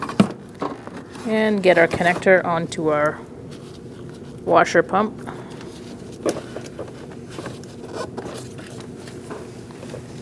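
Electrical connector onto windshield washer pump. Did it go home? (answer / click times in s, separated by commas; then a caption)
no / none. An electrical connector is being pushed onto the windshield washer pump on the plastic washer reservoir of a 2004-2012 Chevrolet Colorado. Someone talks over short handling noises and faint scrapes and knocks. Nothing has seated or clicked yet.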